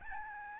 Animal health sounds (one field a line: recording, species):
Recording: mosquito wingbeat signal from an infrared sensor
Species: Aedes albopictus